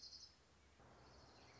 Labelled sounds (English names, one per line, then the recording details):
Orange-crowned Warbler
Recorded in Sonoma County, California